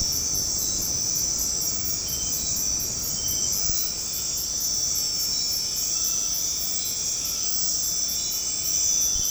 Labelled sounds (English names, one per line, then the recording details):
none
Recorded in dense forest near Puerto Asís, Putumayo, Colombia, on 13 March 2025 at 20:30
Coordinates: 0.500, -76.322
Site GP06